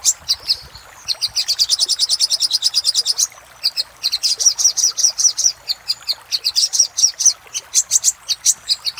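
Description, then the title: Little spiderhunter song, a rapid string of high chirps rattled off in quick series, pausing and restarting, notes bright and sharp. Master recording used for training cage birds. "Masteran Burung Sogok Ontong Labaik"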